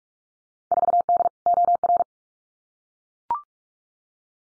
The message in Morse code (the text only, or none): 4D OR